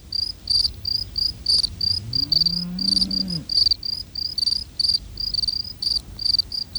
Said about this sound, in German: Die eine Feldgrille singt langsamer als die beiden anderen. Ihr Singplatz liegt im Schatten, während die anderen Grillen im warmen Mittagssonnenlicht sitzen.